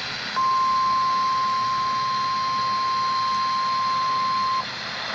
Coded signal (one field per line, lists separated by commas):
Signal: Emergency Alert System (SAME) tones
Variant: 1050 Hz attention tone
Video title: EAS #530-537 - Required Monthly Tests